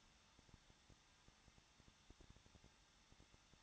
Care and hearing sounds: daily activity, microphone in the room; no activity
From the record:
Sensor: 3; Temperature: 21.2 degrees Celsius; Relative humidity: 36.4%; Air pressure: 1006.3 hPa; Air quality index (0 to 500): 223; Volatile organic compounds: 43 ppm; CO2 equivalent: 3196 ppm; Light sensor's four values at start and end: 2/3/2/2 and 2/3/2/2

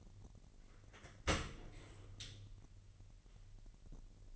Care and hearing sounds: daily activity, microphone in the room; open dishwasher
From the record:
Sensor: 4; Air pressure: 1001.4 hPa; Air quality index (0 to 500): 249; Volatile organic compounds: 44 ppm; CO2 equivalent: 3208 ppm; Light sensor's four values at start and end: 8/17/6/6 and 8/17/7/6

